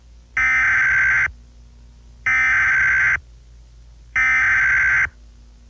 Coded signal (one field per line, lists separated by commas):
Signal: Emergency Alert System (SAME) tones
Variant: header bursts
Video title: EAS Scenario - Skies of Ash